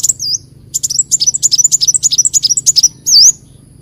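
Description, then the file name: Leafbird song: one dipping whistle, then a rapid string of high, sharp twittering notes, ending with a louder swooping whistled phrase. "Tieng chim xanh tim"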